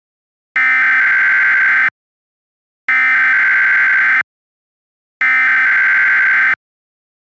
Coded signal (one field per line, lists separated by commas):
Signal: Emergency Alert System (SAME) tones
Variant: header bursts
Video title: EAS Mock: Yet Another RWT.